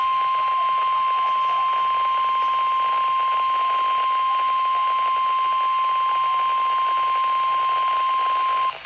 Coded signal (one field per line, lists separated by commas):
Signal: Emergency Alert System (SAME) tones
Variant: 1050 Hz attention tone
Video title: Required weekly tests (EAS 2322-2323)